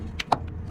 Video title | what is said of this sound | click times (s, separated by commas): Lasfit LED light conversion for 20-26 Silverado/GMC 1500 reverse and plate lights. So bright now! | And it's locked in. | 0.3 s